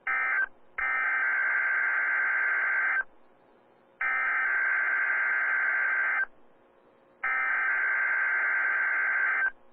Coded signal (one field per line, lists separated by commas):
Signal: Emergency Alert System (SAME) tones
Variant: header bursts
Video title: (LIVE DMX) Required Weekly Test on WXL57 EAS 844